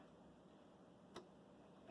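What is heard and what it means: Both sides of an SX-64 portable computer's carry handle are pulled down, and the 3D-printed PLA locking pin snaps into the case's handle mechanism with a short, sharp tick at 1.2 s over a steady background hiss. The handle latch locks in place.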